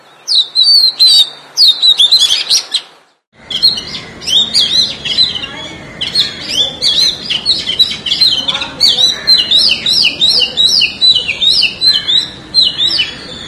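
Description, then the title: Oriental magpie-robin singing a loud, varied run of sweet whistles and chirps, pausing briefly before a long stream of quick, repeated whistled phrases. "Kacer"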